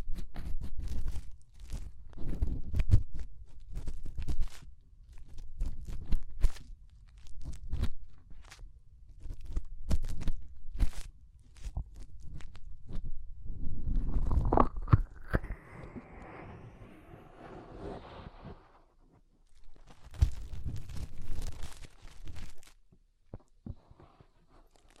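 Fingers rub and scrape inside an ear, making muffled, crunchy rustling in short irregular bursts with brief pauses. Around fourteen to eighteen seconds a louder, brighter scratching swell rises and fades, then the low scuffing returns until about twenty-three seconds before going quiet.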